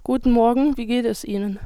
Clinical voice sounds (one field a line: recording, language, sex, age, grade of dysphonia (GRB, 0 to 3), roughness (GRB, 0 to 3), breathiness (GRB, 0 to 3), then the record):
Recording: spoken sentence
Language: German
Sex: female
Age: 20 to 29 years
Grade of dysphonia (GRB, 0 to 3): 2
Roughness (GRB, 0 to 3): 0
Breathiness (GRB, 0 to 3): 0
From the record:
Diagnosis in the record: healthy voice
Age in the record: 20 years